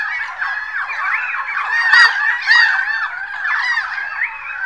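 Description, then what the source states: Birds calling in a dense overlapping chorus of honking, gobbling notes, continuous throughout with occasional louder rising cries. Made in 2011; described as birds meant for listening.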